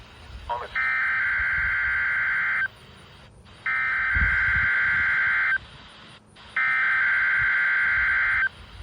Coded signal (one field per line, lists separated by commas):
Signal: Emergency Alert System (SAME) tones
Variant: header bursts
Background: speech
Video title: WWG49s first wireless Required Weekly Test. 10/08/25 EAS #503